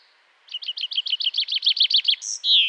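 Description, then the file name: Common chaffinch song, about a dozen quick descending chips rattled off in a steady run, closing with a loud, buzzy, falling flourish. "Fringilla coelebs"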